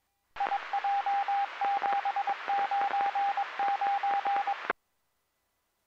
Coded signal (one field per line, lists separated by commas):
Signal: Morse code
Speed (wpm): 22 wpm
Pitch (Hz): 800 Hz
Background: radio noise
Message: IJ799